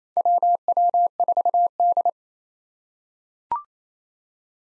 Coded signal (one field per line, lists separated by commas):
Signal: Morse code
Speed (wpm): 27 wpm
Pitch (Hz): 700 Hz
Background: none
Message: WW4D